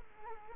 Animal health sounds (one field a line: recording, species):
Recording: mosquito wingbeat signal from an infrared sensor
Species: Culex quinquefasciatus